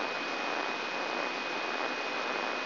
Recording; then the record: brain microelectrode recording played as sound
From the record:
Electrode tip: inside the subthalamic nucleus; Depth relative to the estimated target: -2 mm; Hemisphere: left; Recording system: AlphaMap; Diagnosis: Parkinson's disease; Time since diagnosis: 24 years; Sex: male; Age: 67 years